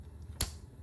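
A plastic locking tab on the purge valve connector of a 2010 Ford Fusion 2.5 is pushed down into place during a purge valve replacement, giving one sharp, brief snap at 0.4 s over a low, steady background. The lock tab is seated.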